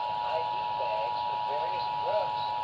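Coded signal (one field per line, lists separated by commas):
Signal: Emergency Alert System (SAME) tones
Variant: 853 and 960 Hz attention tone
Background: speech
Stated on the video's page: Texas Amber Alert relayed via the Emergency Alert System.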